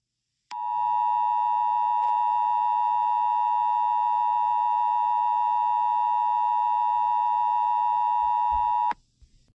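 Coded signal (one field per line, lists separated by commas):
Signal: Emergency Alert System (SAME) tones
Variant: 853 and 960 Hz attention tone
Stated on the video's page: Fictional EAS scenario, not a real alert.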